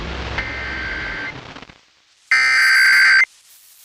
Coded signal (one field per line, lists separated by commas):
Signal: Emergency Alert System (SAME) tones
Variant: header bursts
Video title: [FM E-Skip EAS] 97.1 KEGL - Texas Amber Alert Activation (WBAP Relay)